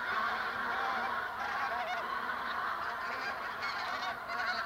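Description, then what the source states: Bean Goose flock giving overlapping cackles and honks, a busy babble with some sharper, higher notes standing out toward the end. Flocks in flight give indistinct cackling or babbling, to untrained ears like other goose flocks; a single bird's flight call is a two- or three-syllable cackle; Finnish nickname metsuri.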